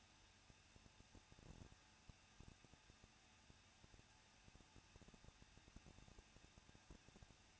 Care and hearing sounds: daily activity, microphone in the room; no activity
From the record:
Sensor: 2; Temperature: 21.0 degrees Celsius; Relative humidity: 37.3%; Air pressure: 1006.3 hPa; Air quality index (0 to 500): 221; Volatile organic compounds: 23 ppm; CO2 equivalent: 2789 ppm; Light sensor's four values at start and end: 2/3/2/2 and 2/3/2/2

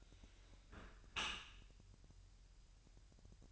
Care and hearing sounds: daily activity, microphone in the room; close dishwasher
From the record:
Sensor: 2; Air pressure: 1000.4 hPa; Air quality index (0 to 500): 246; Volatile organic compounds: 92 ppm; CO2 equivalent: 3697 ppm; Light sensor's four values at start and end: 9/21/9/9 and 9/21/9/9

